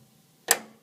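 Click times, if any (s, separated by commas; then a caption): 0.5 s. A second memory module is pushed down evenly into a motherboard DIMM slot; one side has already latched, and the fussy other side snaps in with a single sharp click at 0.5 s. The module is seated and confirmed good.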